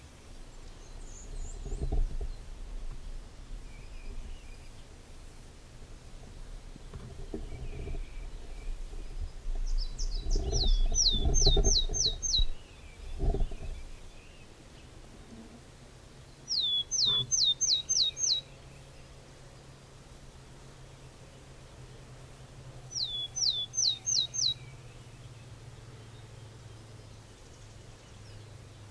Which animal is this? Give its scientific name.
Poecile montanus